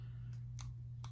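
A resin grip panel is levered and forced onto the back of a pistol grip frame, with a faint tick at 0.3 s and sharp clicks at 0.6 s and 1.0 s over a steady low hum. The panel clicks into place and is confirmed fully seated.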